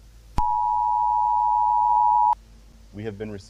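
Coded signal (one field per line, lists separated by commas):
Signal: Emergency Alert System (SAME) tones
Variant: 853 and 960 Hz attention tone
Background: speech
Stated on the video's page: Fictional alert scenario; loud audio.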